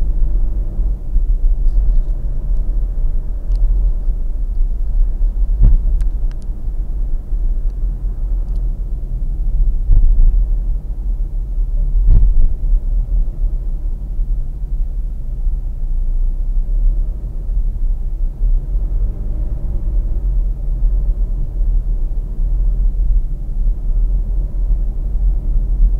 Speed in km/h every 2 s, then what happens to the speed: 53, 51, 49, 45, 41, 37, 35, 32, 30, 33, 35, 38, 43.
0-15 slows to 30. 15-26 speeds up to 43.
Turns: none.